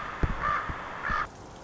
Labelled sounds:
Common Raven
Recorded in Sonoma County, California

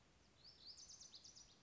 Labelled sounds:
Lazuli Bunting
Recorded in Sonoma County, California

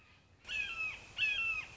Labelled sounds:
Red-shouldered Hawk
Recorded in Sonoma County, California

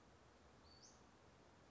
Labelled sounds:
Western Flycatcher
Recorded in Sonoma County, California

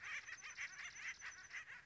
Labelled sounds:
Acorn Woodpecker
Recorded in Sonoma County, California

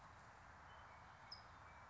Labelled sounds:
California Towhee
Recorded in Sonoma County, California

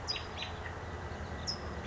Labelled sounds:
California Towhee
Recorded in Sonoma County, California

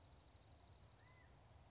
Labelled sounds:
California Quail
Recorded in Sonoma County, California

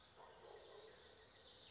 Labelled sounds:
California Towhee
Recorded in Sonoma County, California

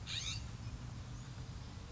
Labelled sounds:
California Scrub-Jay
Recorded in Sonoma County, California

